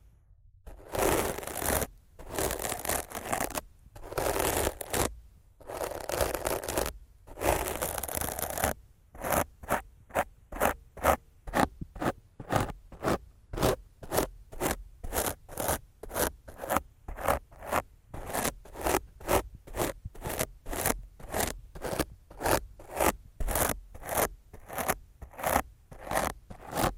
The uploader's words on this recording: ASMR Rough Mic Scratching & Brushing (No Talking).